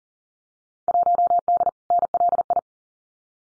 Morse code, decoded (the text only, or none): 1D NLI